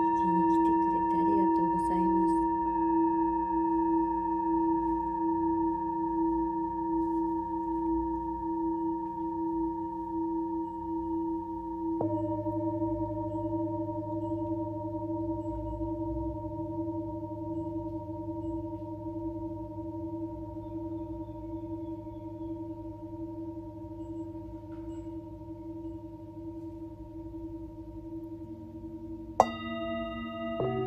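Singing bowls ring in long, steady overlapping tones that slowly fade, with a fresh strike near twelve seconds and a sharp bright one near twenty-nine.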